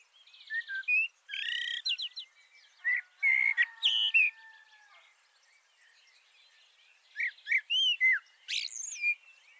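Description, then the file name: Common blackbird singing short fluty phrases with squeaky high flourishes, two bursts separated by a few seconds of quiet. "Turdus merula"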